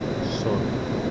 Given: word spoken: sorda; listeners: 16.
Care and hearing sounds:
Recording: one Spanish word in noise, from a listening test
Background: speech-shaped noise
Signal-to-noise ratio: -6.5 dB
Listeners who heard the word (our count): 0 of 16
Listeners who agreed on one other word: 8 of 16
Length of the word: 0.71 s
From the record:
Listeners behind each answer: 8, 3, 3, 1, 1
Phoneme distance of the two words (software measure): 27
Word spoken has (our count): 2 syllables, 5 phonemes, stress on syllable 1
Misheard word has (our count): 2 syllables, 4 phonemes, stress on syllable 1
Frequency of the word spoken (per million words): 3.78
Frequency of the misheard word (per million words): 209.82

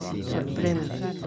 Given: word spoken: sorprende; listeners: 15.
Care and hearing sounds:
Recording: one Spanish word in noise, from a listening test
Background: eight-talker babble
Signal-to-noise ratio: 0.1 dB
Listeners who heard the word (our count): 5 of 15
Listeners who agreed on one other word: 8 of 15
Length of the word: 0.87 s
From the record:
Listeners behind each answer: 8, 5, 1, 1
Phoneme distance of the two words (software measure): 7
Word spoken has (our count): 3 syllables, 9 phonemes, stress on syllable 2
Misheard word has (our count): 3 syllables, 10 phonemes, stress on syllable 2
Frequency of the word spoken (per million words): 13.74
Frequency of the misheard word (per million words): 0.24

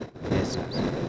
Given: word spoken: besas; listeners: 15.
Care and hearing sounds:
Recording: one Spanish word in noise, from a listening test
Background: noise modulated by three-talker babble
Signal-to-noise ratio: -6.5 dB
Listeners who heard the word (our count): 2 of 15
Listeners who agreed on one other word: 9 of 15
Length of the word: 0.69 s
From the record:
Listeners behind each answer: 9, 2, 1, 1, 1, 1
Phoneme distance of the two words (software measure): 10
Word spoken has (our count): 2 syllables, 5 phonemes, stress on syllable 1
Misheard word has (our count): 2 syllables, 5 phonemes, stress on syllable 1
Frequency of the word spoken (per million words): 0.21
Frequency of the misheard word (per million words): 21.95

